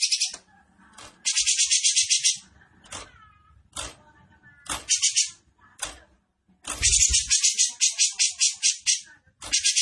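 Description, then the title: Grey-cheeked bulbul giving dry rattles of rapid rasping pulses broken by sharp clicks and brief thin notes, the rattling bursts returning every few seconds. Song style called besetan; bird singing actively (gacor) with a clear voice. "Cucak Jenggot Besetan Gacor. Cucak Jenggot Besetan Dengan Suara Jernih"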